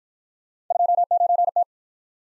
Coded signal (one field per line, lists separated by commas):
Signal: Morse code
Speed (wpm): 48 wpm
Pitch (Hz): 700 Hz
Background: none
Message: 29T